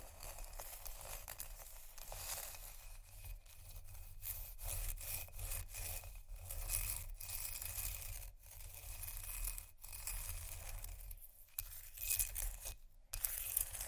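Ice is scratched and scraped in a dense, continuous rasp that fills the whole stretch, bright and gritty with a low rumble underneath. Brief dropouts and sharper taps break the texture every second or so, with a near-silent gap around thirteen seconds.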